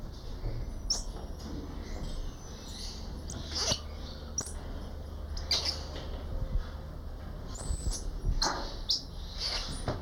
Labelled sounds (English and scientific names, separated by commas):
Common Squirrel Monkey (Saimiri sciureus) call